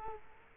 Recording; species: mosquito wingbeat signal from an infrared sensor; Culex quinquefasciatus